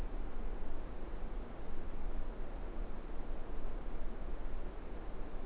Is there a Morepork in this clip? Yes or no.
no